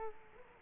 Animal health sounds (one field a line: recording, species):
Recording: mosquito wingbeat signal from an infrared sensor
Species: Culex quinquefasciatus